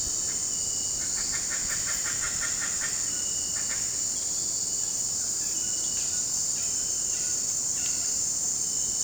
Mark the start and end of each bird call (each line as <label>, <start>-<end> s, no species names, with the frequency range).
bird call (0.6-3.3 kHz), 0.83-3.09 s
bird call (1.1-3.1 kHz), 5.29-8.11 s